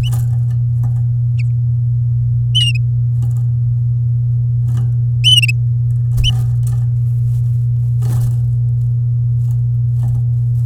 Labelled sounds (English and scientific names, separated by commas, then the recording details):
Domestic Canary (Serinus canaria) song
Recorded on 10 May 2018 at 09:47
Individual llb16